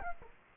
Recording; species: mosquito wingbeat signal from an infrared sensor; Aedes aegypti